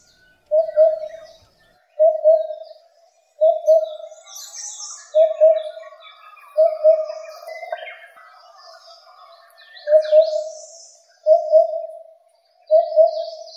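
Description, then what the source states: Oriental cuckoo song: soft, low paired hoots repeated in a steady series, with thin higher calls and chirps of other birds behind. Miyake-jima, Tokyo, Japan.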